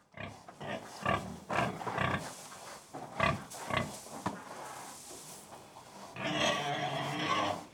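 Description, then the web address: Pig feeding, with irregular grunts and chomps, then a longer, louder burst near the end. Pig feeding, close perspective; livestock. "BBC Sound Effects Library BBC Livestock Close Perspective Of Pig Feeding"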